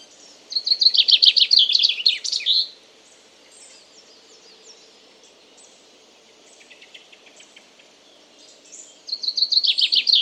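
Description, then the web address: Common chaffinch singing a loud, descending trilled phrase that ends in a flourish, then starting it again after several quieter seconds with soft twittering between. "Deverinetal 2025 File origin Bird Only Fr Co"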